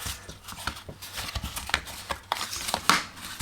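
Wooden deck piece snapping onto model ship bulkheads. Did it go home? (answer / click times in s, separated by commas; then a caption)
yes / 2.3 s, 2.9 s. A thin laser-cut wooden or ply deck is bowed, dropped onto the bulkhead skeleton of a Vanguard Models Fife Lady Eleanor model ship kit, and pushed down all around, making soft creaks and small taps. Sharp clicks at 2.3 s and 2.9 s mark the deck snapping into place and locking underneath the bulkheads as it flattens, so the deck is seated.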